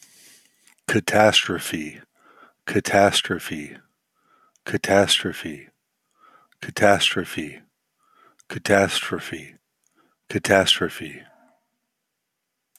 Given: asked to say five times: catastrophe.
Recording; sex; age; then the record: repeated word; male; 40 to 49 years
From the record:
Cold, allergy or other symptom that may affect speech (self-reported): no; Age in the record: 49 years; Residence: California, United States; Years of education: 16